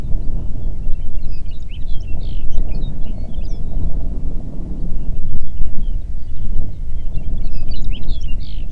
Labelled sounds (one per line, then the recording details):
songbird
wind
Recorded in the Prudhoe Bay oil fields, Alaska, on 8 June 2019 at 04:38
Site 30